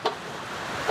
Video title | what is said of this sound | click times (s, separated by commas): Starlink, First Aid and Leader Caravan Upgrades | you unlock it then you can take the Grille out if you want wash it clean it | 0.1 s